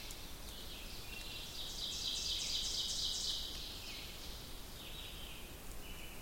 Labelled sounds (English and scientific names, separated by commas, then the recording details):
Ovenbird (Seiurus aurocapilla) song
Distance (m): 50 m
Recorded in boreal forest in Alberta, Canada, on 2 June 2016 at 07:56
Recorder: SongMeter 3, array SBT-3-7
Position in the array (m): 37 m, 153 m
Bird 4